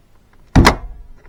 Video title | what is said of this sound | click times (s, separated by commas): VID 2 2017 Jeep Cherokee latitude looking for EVAP vacuum leak | hear the pop. | 0.6 s